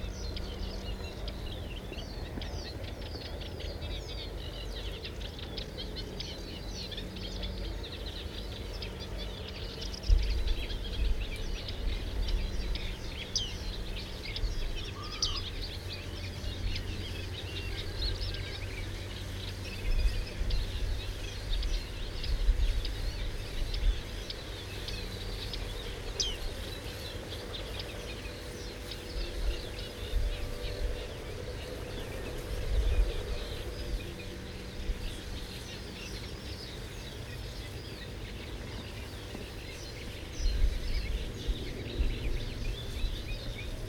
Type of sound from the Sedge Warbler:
song